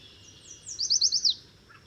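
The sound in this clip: Bird song: a faint high thin note, then a fast series of five bright, high sliding notes, with a soft lower chirp near the end.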